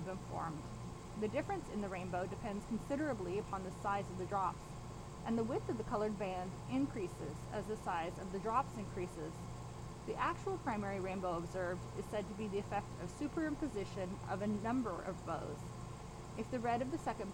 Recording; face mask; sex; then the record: reading aloud; surgical mask; female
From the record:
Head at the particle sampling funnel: turned sideways, cheek in front of it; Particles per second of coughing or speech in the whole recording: 0.435